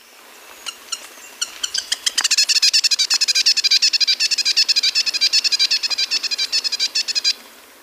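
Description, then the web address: Grass-green tanager in a rapid rattling chatter, loose at first, then a long even burst of harsh high notes that ends abruptly. Ecuador. "Natures Songs S America Birds of Ecuador Grass-green Tanager"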